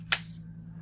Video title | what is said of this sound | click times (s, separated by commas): Milwaukee Germany 5378 Two Speed Hammer Drill Review & Teardown | you'll hear it lock in. | 0.1 s